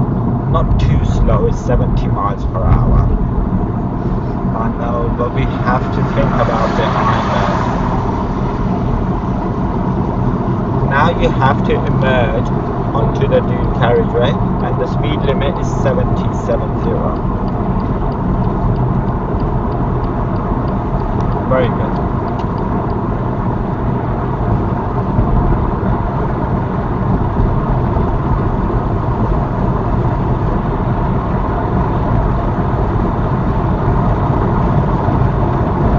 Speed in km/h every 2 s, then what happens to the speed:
58, 60, 63, 68, 72, 74, 74, 76, 79, 81, 82, 85, 87, 92, 95, 97, 101, 105.
0-36 speeds up to 105.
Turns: none.